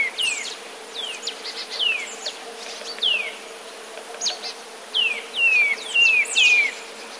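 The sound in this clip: Eurasian nuthatch song of sharp, descending slurred whistles, given singly and in loose groups, with several high notes toward the end.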